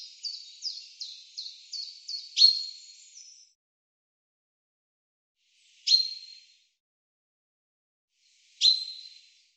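Bird giving a short run of quick, high falling notes ending in a sharp chip, then two more sharp downward chip calls spaced about three seconds apart.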